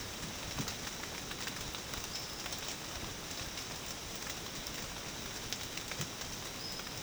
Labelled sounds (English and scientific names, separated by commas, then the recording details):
none
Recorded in dense forest near Puerto Asís, Putumayo, Colombia, on 12 March 2025 at 08:00
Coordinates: 0.486, -76.317
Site G053